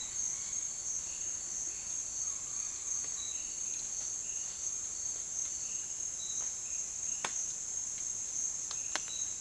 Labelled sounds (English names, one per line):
none